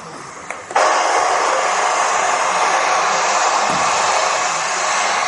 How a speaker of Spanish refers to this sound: Eso que escucháis es ruido blanco. Está muy pegado.